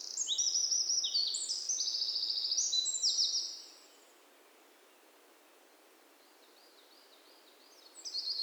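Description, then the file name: Eurasian wren song: a vigorous, high-pitched trilling outburst for about three seconds, then quiet with faint hiss, and a new loud phrase starting at the end. "Troglodytes troglodytes"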